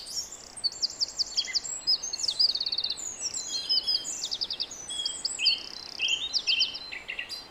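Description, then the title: Song thrush singing varied phrases, each note repeated rapidly several times in crisp rattling bursts, one phrase after another with hardly a pause. Song recorded at 06h. "Zanglijster 06h Durenne2"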